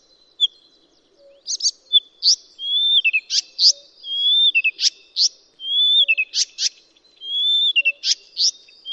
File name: blyths reed warbler song